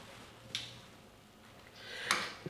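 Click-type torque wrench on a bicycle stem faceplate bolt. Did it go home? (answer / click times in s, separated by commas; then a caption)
yes / 2.1 s. A click-type torque wrench tightens the faceplate bolts of a bicycle stem, working back and forth between the bolts. A short sharp transient comes at 0.6 s, and the wrench breaks over with a little click at 2.1 s. The bolt has reached its set torque.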